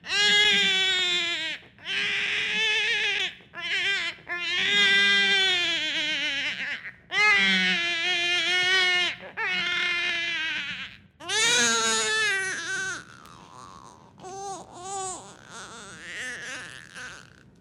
Baby Crying.